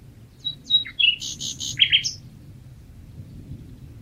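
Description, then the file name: Common nightingale song phrase: quick whistles, a dry rattled buzz, then rich warbled notes. "Luscinia megarhynchos"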